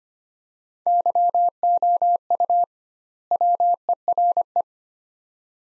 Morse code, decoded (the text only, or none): YOU WERE